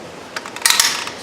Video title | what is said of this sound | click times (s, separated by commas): Driver's Side Window Switch Replacement - Ford Taurus/Mercury Montego | it in place. You hear it lock in, clipped into place, and we're good to go. | 0.7 s